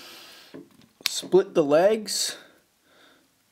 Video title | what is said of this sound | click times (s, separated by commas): Transformers Prime RID Wheeljack Review | and uh should kind of lock into place here it tabs in | 1.1 s